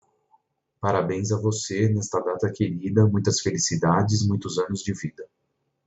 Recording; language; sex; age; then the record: short text; Brazilian Portuguese; male; 50 to 59 years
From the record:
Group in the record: control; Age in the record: 51 years